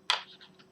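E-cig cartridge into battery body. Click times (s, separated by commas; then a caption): 0.1 s. A VUSE Solo e-cig cartridge is pushed into the back of the e-cig battery, a snap-in design with no threads. It seats with a sharp, bright click at 0.1 s, followed by two faint ticks around 0.4 s and 0.6 s.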